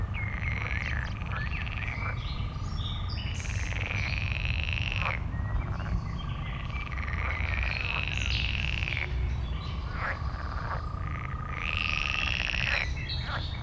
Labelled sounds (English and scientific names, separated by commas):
Green Toad (Bufo viridis) call